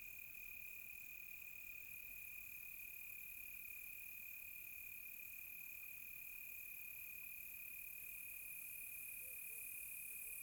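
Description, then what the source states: Steady high-pitched cricket trilling runs without pause, over a soft high shimmer and a quiet background. Crickets recorded close on a quiet tropical night.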